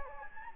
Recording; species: mosquito wingbeat signal from an infrared sensor; Anopheles gambiae